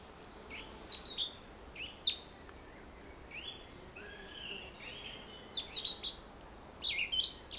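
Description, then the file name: Eurasian blackcap giving a loose, varied warble of high chirps and short whistles in irregular bursts, with steady background hiss throughout. "Sylvia atricapilla"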